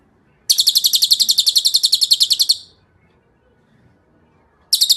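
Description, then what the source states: Bird trill: one steady, rapidly pulsed high rattle lasting about two seconds, followed by quiet, then another begins. Masteran sound used to train songbirds.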